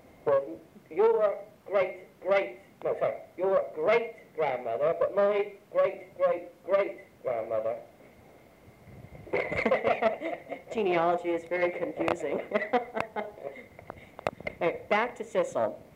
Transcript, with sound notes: Well, your great, great — no sorry-- your great grandmother but my great, great, great grandmother. (laughter)
Genealogy is very confusing. (laughs) Back to Cecil.